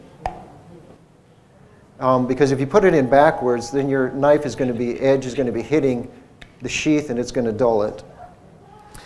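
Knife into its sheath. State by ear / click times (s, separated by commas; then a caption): seated / 0.3 s. A fixed-blade knife is pushed into its sheath with the blade shape lined up with the sheath's shape, and it seats with a sharp click at 0.3 s. After the click, someone talks.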